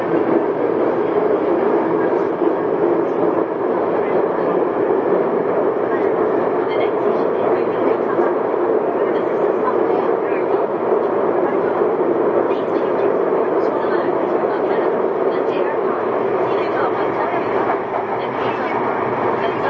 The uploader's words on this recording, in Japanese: 横浜市営地下鉄3000R形 関内〜あざみ野。快速運用で録音。録音はICレコダーを使用しています。